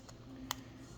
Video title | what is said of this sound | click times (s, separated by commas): MERCEDES BENZ KEY FOB BATTERY REPLACEMENT FAST & EASY DIY | Now we replace the cover till it clicks. | 0.5 s